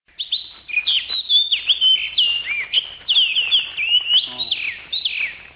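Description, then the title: Oriental magpie-robin singing continuously, with bright looping whistles and fast rising and falling slurs packed closely together, and a brief lower harsh note near the end. "Kacer"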